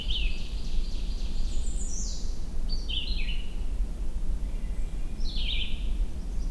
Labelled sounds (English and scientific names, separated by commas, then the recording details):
Red-eyed Vireo (Vireo olivaceus) song
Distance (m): 10 m
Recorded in boreal forest in Alberta, Canada, on 21 June 2016 at 08:39
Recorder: SongMeter 3, array SBT-6-81
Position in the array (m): 92 m, 45 m